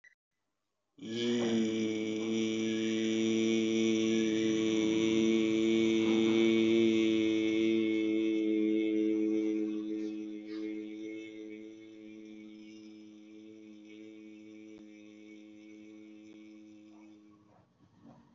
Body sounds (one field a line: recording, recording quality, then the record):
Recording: sustained vowel as in beet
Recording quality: excellent, no background noise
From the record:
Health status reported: healthy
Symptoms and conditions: cold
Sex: male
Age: 37 years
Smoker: yes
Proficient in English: yes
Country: India